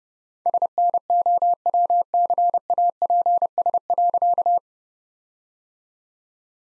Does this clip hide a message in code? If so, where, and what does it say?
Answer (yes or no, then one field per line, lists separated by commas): yes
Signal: Morse code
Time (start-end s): 0.5-4.6 s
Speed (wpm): 30 wpm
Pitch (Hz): 700 Hz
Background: none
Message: SNOWCAPS.